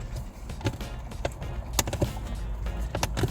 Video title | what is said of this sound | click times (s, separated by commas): 2015 Lexus IS 10.25 Android Head Unit Upgrade Installation | Boom, boom, that snaps in. | 1.8 s, 3.0 s